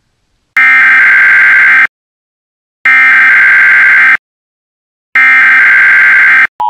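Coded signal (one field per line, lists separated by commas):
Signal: Emergency Alert System (SAME) tones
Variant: header bursts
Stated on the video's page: Fictional EAS test imagined interrupting a SpongeBob broadcast.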